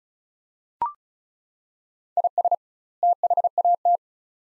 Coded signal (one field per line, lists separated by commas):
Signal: Morse code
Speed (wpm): 36 wpm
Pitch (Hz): 700 Hz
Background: none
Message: IS THAT